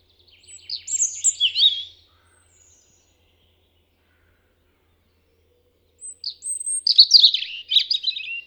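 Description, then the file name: European robin singing two short phrases about four seconds apart, each a mix of high piercing whistles and rapid tumbling twittered notes. "Erithacus rubecula"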